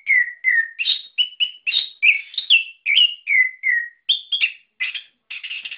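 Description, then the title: A bird sings a lively run of clear whistled chirps, many sliding downward, about three per second, with a buzzier note closing the sequence. "SuaraBurung Kicau4"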